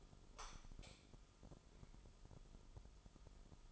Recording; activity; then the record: daily activity, microphone in the room; light on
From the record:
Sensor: 5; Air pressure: 988.5 hPa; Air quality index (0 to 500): 216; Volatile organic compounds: 117 ppm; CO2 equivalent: 3857 ppm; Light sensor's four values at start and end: 44/131/51/55 and 45/137/53/57